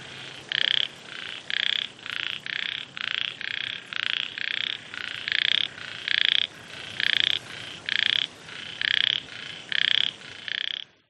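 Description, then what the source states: Several frogs croak in overlapping rasping pulsed bursts, loud calls alternating with softer ones in a dense, quick chorus. Frogs in Vietnam, with wind.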